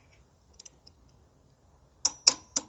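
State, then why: Torque reached. A torque wrench tightens a bolt on the front fork of a Ride1Up Revv1 DRT electric bike, with a few faint ticks early on. The wrench then gives sharp clicks at 2.1 s and 2.3 s, followed by a third similar click at about 2.6 s. The clicks show the bolt has reached its torque setting and is tight.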